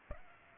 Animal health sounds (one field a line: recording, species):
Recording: mosquito wingbeat signal from an infrared sensor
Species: Aedes aegypti